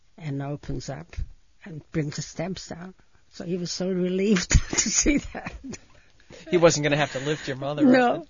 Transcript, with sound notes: and opens up and brings the steps out. So he was so relieved to see that. ( she laughs )
He wasn't going to have to lift your mother up.